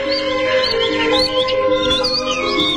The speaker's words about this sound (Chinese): 啊，还有两只小鸟在笑我们呢。